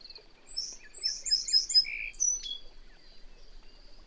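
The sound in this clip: Bird song, a run of high chirps and short whistled notes over about two seconds, with a thin steady high tone running through most.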